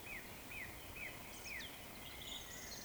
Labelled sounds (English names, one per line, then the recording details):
Eurasian Woodcock whistle
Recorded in Baden-Württemberg, Germany, on 11 June 2020 at 19:59 UTC
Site 14569, 102 m above sea level